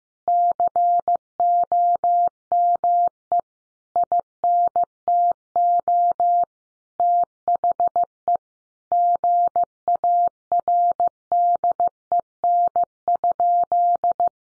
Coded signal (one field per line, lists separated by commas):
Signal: Morse code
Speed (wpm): 15 wpm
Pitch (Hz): 700 Hz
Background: none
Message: COME INTO THE GARDEN?